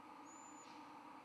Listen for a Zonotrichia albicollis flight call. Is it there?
no